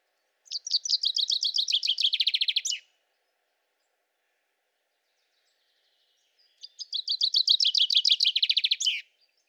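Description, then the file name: Common chaffinch song, two bright phrases about four seconds apart, each a rapid descending series of repeated notes ending in a quick flourish, in otherwise quiet surroundings. "Fringilla coelebs"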